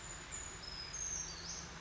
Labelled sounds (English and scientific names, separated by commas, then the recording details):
Brown Creeper (Certhia americana)
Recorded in Sonoma County, California